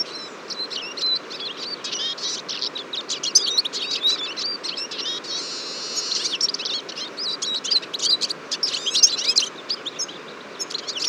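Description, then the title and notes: Eurasian siskin flock in full chorus, a continuous mass of high chirps, twitters and buzzy trills that swells in the middle and stays busy throughout. Large flock at a feeder on a February morning, 23 February 2014, Fourcinet, Drôme, France; recorded with Nagra Seven and Telinga P7. "Choeur de fringilles. 23 février 2014-Fourcinet - Drôme. un grand nombre de Tarin des aulnes (Carduelis spinus)"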